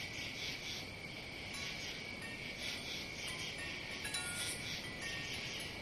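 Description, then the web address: Cricket chirping, high pulsed bursts over a steady high tone, with constant background noise. "сверчки"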